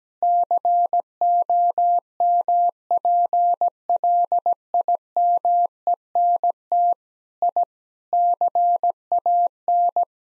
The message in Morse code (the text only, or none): COMPLIMENT I CAN